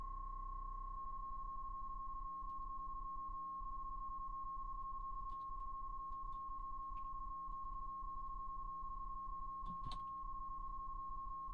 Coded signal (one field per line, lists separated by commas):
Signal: PSK31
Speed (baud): 31.25 baud